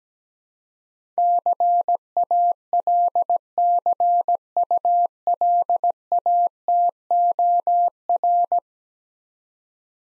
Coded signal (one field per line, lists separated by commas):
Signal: Morse code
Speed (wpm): 17 wpm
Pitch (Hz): 700 Hz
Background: none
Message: CALCULATOR